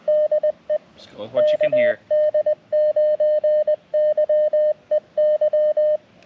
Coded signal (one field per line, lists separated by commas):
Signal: Morse code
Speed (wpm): 20 wpm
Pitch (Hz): 610 Hz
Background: speech, radio noise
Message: DE KD9YEY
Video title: Bicycle + Morse Code + POTA = A Great Summer Evening!